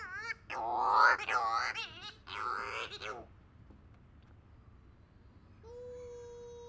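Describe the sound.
Cape Verde shearwater calls, a few harsh quavering wails in the first three seconds, then quiet, followed by a steady even hum.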